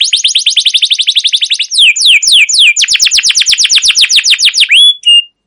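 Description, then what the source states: Canary song of rapid repeated chirps, a few slower sweeping notes, another quick trill, then a short steady whistle to close. Canary song recorded as a lure or training master for canaries, a long trilling rolled song described as cuit cuit ngerol, gacor panjang.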